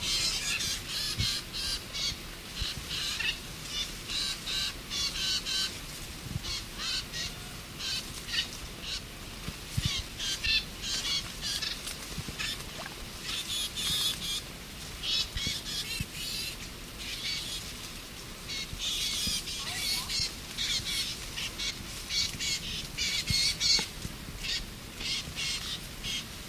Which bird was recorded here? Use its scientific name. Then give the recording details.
Acrocephalus scirpaceus. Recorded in the wild. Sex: diverse. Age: diverse. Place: Mühlenbecker See, Brandenburg, DE. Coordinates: 52.6897, 13.395. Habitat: lake. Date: 1967-08-27 13:00. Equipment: Uher 4000 Report Monitor, Sennheiser MD 421, Transistorverstärker 2. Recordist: Tembrock, Günter